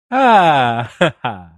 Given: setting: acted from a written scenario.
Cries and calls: vocal sound without words; elation

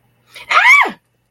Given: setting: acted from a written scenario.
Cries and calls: vocal sound without words; fear

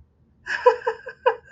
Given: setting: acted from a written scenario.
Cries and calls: vocal sound without words; amusement

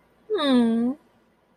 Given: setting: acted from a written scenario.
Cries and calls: vocal sound without words; sympathy

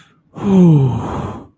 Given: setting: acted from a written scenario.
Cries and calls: vocal sound without words; relief

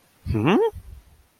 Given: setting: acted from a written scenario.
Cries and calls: vocal sound without words; confusion

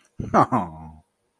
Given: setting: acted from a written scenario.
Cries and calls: vocal sound without words; adoration

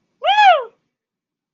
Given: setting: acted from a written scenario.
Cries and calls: vocal sound without words; positive surprise

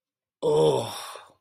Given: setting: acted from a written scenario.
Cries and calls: vocal sound without words; pain

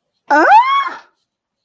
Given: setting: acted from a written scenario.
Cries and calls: vocal sound without words; negative surprise

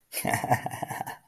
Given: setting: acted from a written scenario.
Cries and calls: vocal sound without words; amusement

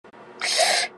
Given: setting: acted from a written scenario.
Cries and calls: vocal sound without words; relief

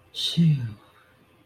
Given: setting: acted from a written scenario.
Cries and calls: vocal sound without words; contentment

